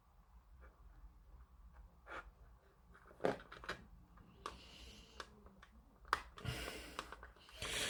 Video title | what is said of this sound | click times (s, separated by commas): Airfix Boeing Chinook HC.1 Part 4 | There we go. And that just snaps into place. | 6.1 s